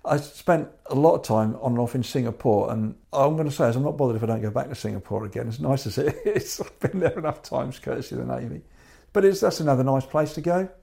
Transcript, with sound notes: I spent a lot of time on and off in Singapore, and I’m going to say I’m not bothered if I don’t go back to Singapore again, as nice as it is (laughs) I’ve been there enough times courtesy of the Navy, but that’s another nice place to go.